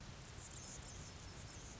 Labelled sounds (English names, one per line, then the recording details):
Anna's Hummingbird
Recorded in Sonoma County, California